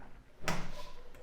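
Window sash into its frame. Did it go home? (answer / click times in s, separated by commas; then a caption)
yes / 0.5 s. A window in a house for sale is closed and its handle locked so the sash latches into its frame. A sharp, loud click lands at 0.5 s with a short resonant tail, and a much fainter tick follows at 1.1 s. The sash is seated and the window is sealed shut.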